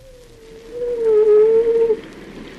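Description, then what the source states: Fur seal call, a drawn-out tonal moan, steady in pitch and ending abruptly, over a hissing background. Fur seal howling in a cave.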